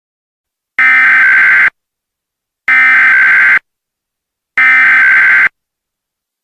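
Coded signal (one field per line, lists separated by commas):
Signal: Emergency Alert System (SAME) tones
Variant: header bursts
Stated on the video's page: Mock Amber Alert for all of Pennsylvania, not a real alert.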